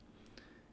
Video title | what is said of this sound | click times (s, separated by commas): I Built a Cocktail Watch for Her – A Beautiful Women's Custom Timepiece | There you go. Until it clicks. | 0.3 s, 0.4 s